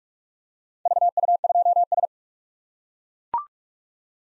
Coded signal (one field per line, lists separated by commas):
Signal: Morse code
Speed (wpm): 40 wpm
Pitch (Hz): 700 Hz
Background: none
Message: VU2S